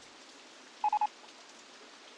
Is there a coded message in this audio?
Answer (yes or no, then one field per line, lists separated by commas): no